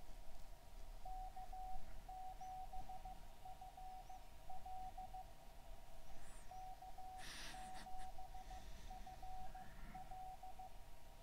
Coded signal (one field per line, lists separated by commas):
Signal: Morse code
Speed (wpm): 15 wpm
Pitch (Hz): 750 Hz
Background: none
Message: K7FL K7FL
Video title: SDR Raspberry Pi 4 Gqrx 10 Meters CW